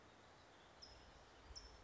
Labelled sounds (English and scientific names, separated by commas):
California Towhee (Melozone crissalis)